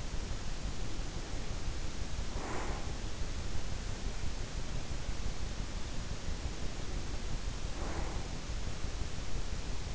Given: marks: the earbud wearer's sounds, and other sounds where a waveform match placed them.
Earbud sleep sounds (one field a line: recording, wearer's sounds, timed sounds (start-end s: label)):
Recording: sounds in sleep by an in-ear microphone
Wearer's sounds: breath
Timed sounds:
0.00-2.99 s: breath
6.34-8.54 s: breath